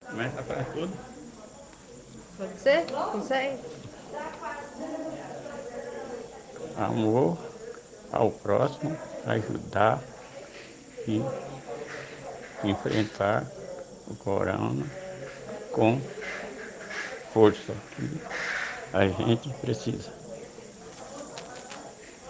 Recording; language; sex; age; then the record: spoken sentence; Brazilian Portuguese; male; 70 to 79 years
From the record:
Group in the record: respiratory insufficiency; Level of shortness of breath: 5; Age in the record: 70 years